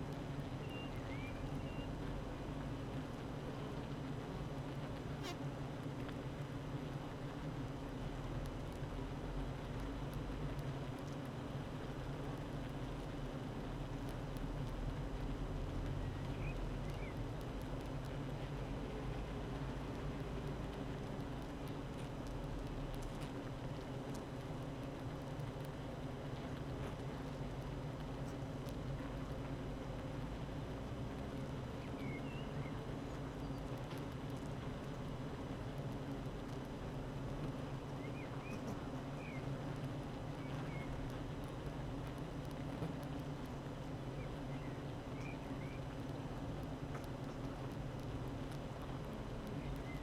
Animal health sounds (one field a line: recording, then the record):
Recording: honeybee colony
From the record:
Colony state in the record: active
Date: 12 June 2018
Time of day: 8:22